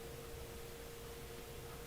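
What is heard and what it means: A plastic part of a snap-fit model kit is handled against its mounting point on the model, but nothing has seated or clicked yet. Only steady broadband hiss with a faint constant hum around 450 Hz is heard, with no sharp hits.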